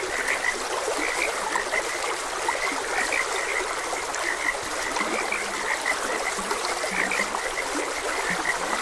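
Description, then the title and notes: Many frogs croak without pause, bright rapid notes plus a few low drawn-out grunts, all over a constant background of flowing water. Frogs croaking beside a gentle stream. "Gentle Stream and Frogs Croaking. Sleep and Relaxation Podcast"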